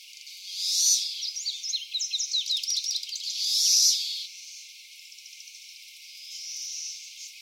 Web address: cicada magicicada